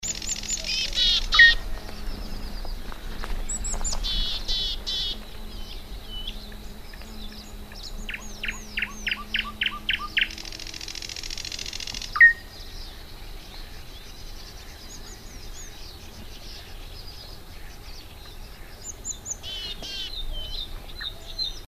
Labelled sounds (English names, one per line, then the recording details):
Willow Tit call
Thrush Nightingale
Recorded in the wild
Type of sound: call
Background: Luscinia luscinia
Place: Gartz (Oder), Nationalpark Unteres Odertal, Brandenburg, DE
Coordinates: 53.1335, 14.3747
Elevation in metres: 1
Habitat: meadow
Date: 2014-05-07 20:17
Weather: cloudy, 18°C, almost windless
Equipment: Sound Devices 702, Sennheiser MKH 70, Rycote Windschutz
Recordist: Frommolt, Karl-Heinz
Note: Friedrichsthaler Polder, Nähe Zollhaus: Rufe einer Weidenmeise. Zwei Vögel sind zu sehen